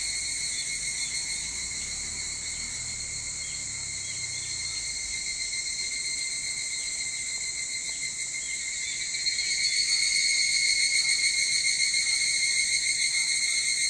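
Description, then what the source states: Evening cicadas ringing in a continuous high-pitched chorus, the sound stepping up in loudness about two-thirds of the way through and staying strong. Recorded 22 July 2023 at 04:40.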